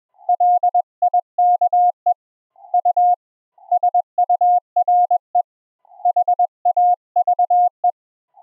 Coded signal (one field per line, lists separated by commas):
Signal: Morse code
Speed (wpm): 20 wpm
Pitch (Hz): 720 Hz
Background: none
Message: LIKE U SURE HAVE